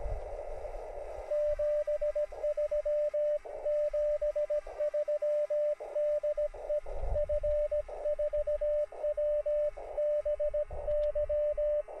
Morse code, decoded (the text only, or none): 73 73 DE F4WBY